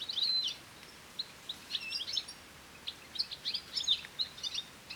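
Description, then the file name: European goldfinch giving high chattering twitters, a thin whistled note at the start, then scattered quick tinkling bursts. "Carduelis carduelis"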